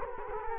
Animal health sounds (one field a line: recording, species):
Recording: mosquito wingbeat signal from an infrared sensor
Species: Culex quinquefasciatus